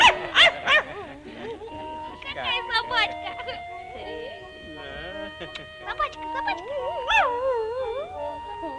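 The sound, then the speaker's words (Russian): A small white poodle yips in quick, high bursts, then breaks into wavering, rising and falling howls and whines, with another sharp flurry of barks near the end. “Собачка!”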